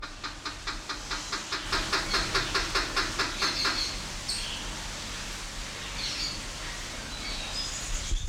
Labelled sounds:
Allen's Gallinule call
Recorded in captivity
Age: adult
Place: Zoo Berlin, Berlin, DE
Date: 1993-01-01 10:20
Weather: sonnig, -5°C
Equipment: Marantz CP 430, Sennheiser ME 80, Kopie Uher Variocord 263
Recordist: Tembrock, Günter

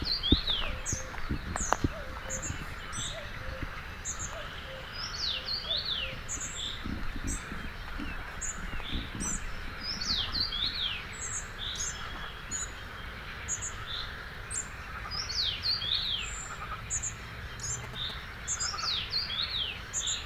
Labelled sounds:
Common Rosefinch song
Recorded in the wild
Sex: male
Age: adult
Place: Gartz (Oder), Nationalpark Unteres Odertal, Brandenburg, DE
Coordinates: 53.1485, 14.3622
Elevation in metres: 1
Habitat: wetland
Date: 2014-05-21 05:17
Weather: cloudy, 10°C, almost windless
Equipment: Sound Devices 702, Sennheiser MKH 70, Rycote Windschutz
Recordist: Frommolt, Karl-Heinz

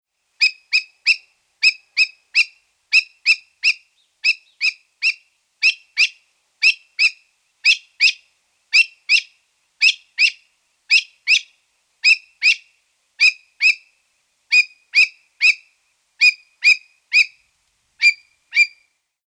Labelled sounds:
Himalayan Monal
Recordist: Tembrock, Günter
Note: Rufreihe eines Weibchens

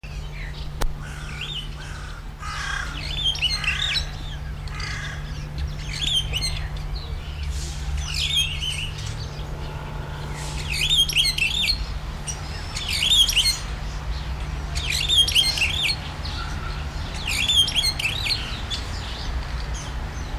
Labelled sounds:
Superb Starling song
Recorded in captivity
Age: adult
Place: Tiergarten Wilhelma/Stuttgart, Baden-Württemberg, DE
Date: 1998-10-02 16:20
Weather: overcast, ca. 14°C
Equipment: Sony MD-WM MZ-R3, Sennheiser MKH 416 T, Kopie Uher 4000 Report Monitor
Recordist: Tembrock, Günter
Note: Strophen

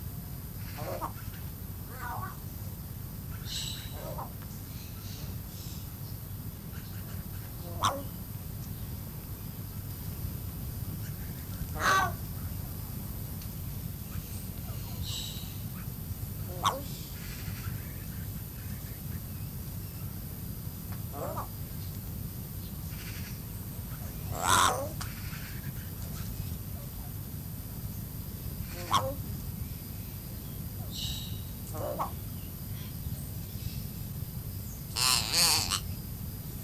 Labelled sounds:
Yellow-faced Myna call
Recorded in captivity
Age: adult
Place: Zoo Halle, Sachsen-Anhalt, DE
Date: 2005-10-10 16:15
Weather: cloudy, 10-12°C
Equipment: Panasonic RQ-2102, Sennheiser ME 80, Kopie Uher 4000 Report Monitor
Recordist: Tembrock, Günter

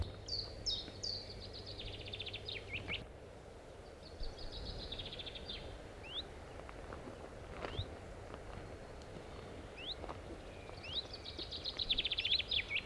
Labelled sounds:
Common Chiffchaff
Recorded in the wild
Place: Beyenburger Stausee, Nordrhein-Westfalen, DE
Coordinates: 51.25, 7.3
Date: 1995-04-14
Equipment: Sony WM-D6C
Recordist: Skiba, Reinald

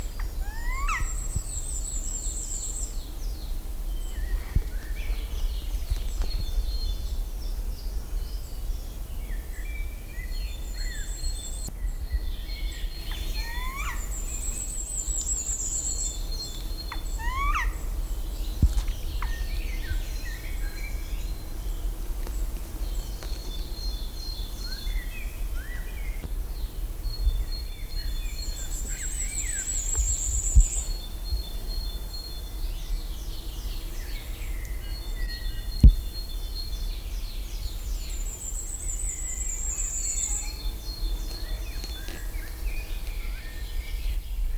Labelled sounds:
Black Woodpecker call
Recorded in the wild
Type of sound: call
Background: Parus major, Regulus regulus
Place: Schloss Dammsmühle, Brandenburg, DE
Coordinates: 52.69, 13.41
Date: 1995-05-01 18:39
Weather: heiter 14-15°C
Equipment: Marantz CP 430, Sennheiser ME 80, Kopie Uher 4000 Report Monitor
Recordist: Tembrock, Günter
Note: 3 Laute an Bruthöhle

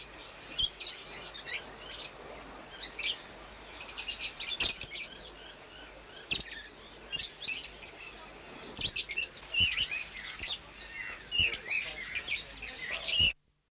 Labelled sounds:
Yellow-collared Lovebird call
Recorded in captivity
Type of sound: call
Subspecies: personatus
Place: Vogelpark Walsrode, Niedersachsen, DE
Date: 1977-09-09
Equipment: Halbspur, 9,5 cm/s
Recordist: Lütgens, Hans
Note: Rufe

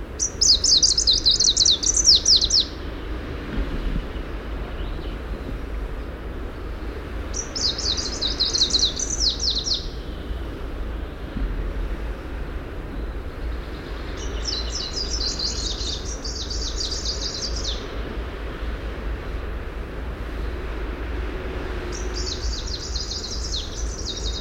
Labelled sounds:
Greenish Warbler song
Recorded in the wild
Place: Binz, Insel Rügen, Mecklenburg-Vorpommern, DE
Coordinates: 54.374, 13.662
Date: 1978-06-13
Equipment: Nagra III BH, Sennheiser MD 21, parabola
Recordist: Schubert, Michael

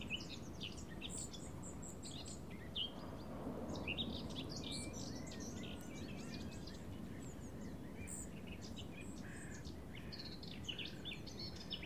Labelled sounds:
Spotted Flycatcher call
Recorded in the wild
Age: juvenile
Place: Tiuccia, Corsica, FR
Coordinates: 42.0761, 8.74361
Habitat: Macchia
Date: 2011-07-14
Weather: sunny, 20°C, weak wind
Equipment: Zoom H2, rear micophones
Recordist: Frommolt, Karl-Heinz

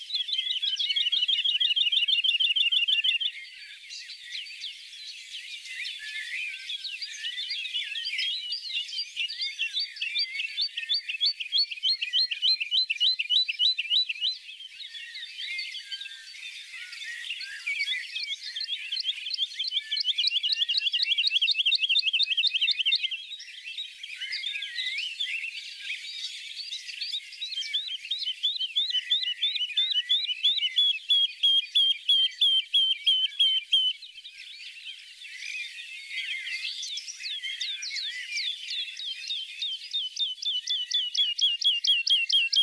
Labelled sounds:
Wood Lark song
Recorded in the wild
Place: Oberrotweil am Kaiserstuhl, Baden-Württemberg, DE
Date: 1980-06-17
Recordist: Schwarz, Dieter
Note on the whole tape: Song

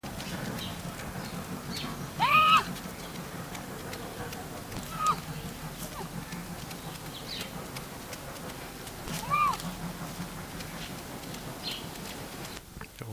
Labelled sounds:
Bobcat call
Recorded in captivity
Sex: male
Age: adult
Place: Tierpark Berlin, Berlin, DE
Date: 1983-10-01 12:10
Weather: sunny, 10°C, light winds
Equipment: Nagra SN, Kopie Uher 4000 Report Monitor
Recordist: Tembrock, Günter
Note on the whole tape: Laute, Kater läuft am Gitter hin und her

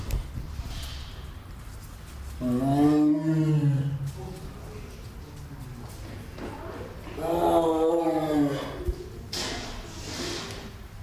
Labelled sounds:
Tiger call
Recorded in captivity
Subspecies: sumatrae
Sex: male
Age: adult
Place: Tiergarten Wilhelma/Stuttgart, Baden-Württemberg, DE
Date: 1996-09-21 18:15
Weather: sunny, 16°C
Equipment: Sony MD-WM MZ-R3, Sennheiser ME 80, Kopie Uher 4000 Report Monitor
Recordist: Tembrock, Günter

